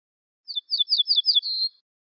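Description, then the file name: Ortolan bunting song, five quick downslurred notes followed by a steady, slightly longer note, with no other sounds. "suara kicauan ortolan"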